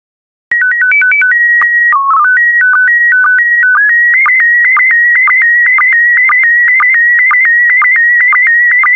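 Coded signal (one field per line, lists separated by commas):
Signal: SSTV (slow-scan television)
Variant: PD120 mode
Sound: short stepped calibration beeps, then a warbling high tone with rapid regular ticking pulses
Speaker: transmission complete you can now check your decoded image against the picture that is shown on the video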